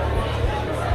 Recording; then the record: background sound without coughing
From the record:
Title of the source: CITY SOUNDS Busy Bar in the Evening Night - 2 HOURS of Ambiance for Relaxation